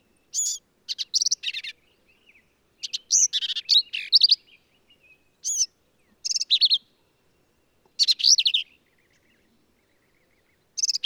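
Black-capped vireo singing a string of varied, jumbled phrases of sharp squeaks and buzzy notes, spaced by short pauses, in quiet surroundings.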